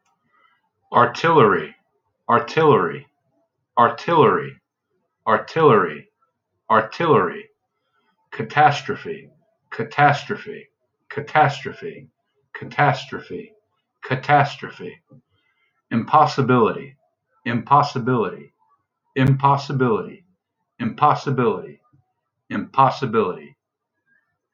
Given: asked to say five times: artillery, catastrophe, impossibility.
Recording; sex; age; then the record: three words, each repeated; male; 40 to 49 years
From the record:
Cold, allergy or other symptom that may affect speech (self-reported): no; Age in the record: 49 years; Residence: New York, United States